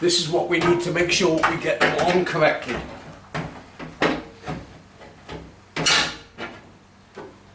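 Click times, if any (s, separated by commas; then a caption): 5.8 s. Someone talks while an LG washing machine door is hooked onto the hinge slots of the front cabinet, with a few knocks as it is handled, including one at about 3.4 s. The door is lifted a little further and dropped down, landing with a sharp clunk at 5.8 s as its hooks lock into the hinge slots and it seats in place.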